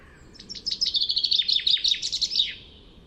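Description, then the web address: Bird song: a rapid, slightly twittering run of high chirps and downward slurs lasting about two seconds, fairly even in pitch, over faint background hiss. "Bird Only"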